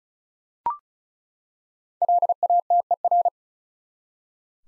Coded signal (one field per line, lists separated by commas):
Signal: Morse code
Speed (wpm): 36 wpm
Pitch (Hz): 700 Hz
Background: none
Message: LATER